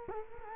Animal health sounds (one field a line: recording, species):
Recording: mosquito wingbeat signal from an infrared sensor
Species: Culex quinquefasciatus